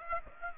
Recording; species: mosquito wingbeat signal from an infrared sensor; Aedes aegypti